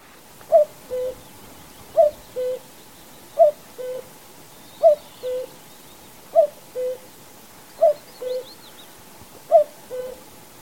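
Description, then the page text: Common cuckoo repeating a soft, hollow two-note call, the second note lower, seven times at an even pace, with faint high bird chirps in the background. "Common Cuckoo #sound #singing #call. knut the bird nerd"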